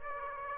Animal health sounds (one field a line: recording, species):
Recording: mosquito wingbeat signal from an infrared sensor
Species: Aedes aegypti